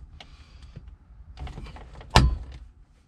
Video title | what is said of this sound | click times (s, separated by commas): Jeep JK/JL Overhead Mounting Panel Install | whoo it just snapped into place without any trimming | 2.2 s